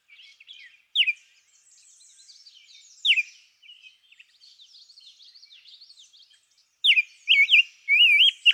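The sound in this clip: Rose-breasted grosbeak, isolated sharp whistled notes, then a closing burst of rolling warbled phrases, with soft high chatter in between.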